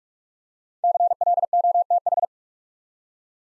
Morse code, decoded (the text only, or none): CLOTH